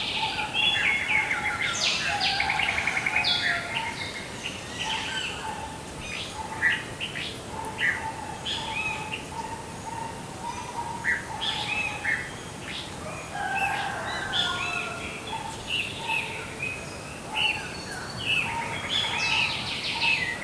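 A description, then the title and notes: Morning in a quiet village, with many birds chirping and calling in overlapping bursts throughout, over a soft, steady outdoor hush. Morning in a quiet Indian village.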